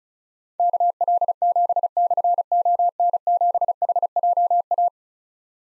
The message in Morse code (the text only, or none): KL7/ON7HJA